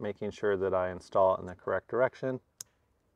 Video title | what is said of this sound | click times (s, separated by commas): How To Install Ditch Light Bracket Kit for 2022+ Toyota Tundra - Cali Raised | a nice clicking sound lets you know you're good | 2.6 s